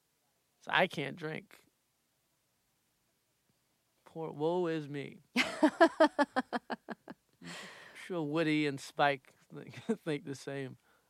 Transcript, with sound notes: So I can't drink. Poor -- woe is me.
(laughs)
I'm sure Woody and Spike think the same.